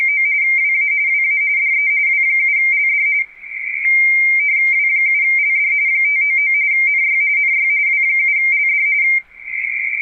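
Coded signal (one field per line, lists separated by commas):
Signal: RTTY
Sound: rapid warbling between two close high tones, steady chattering teleprinter rhythm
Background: radio static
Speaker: What you were just watching was a series of exchanges where this particular station W7LD W7 Lima Delta is running a frequency on a radio teletype contest.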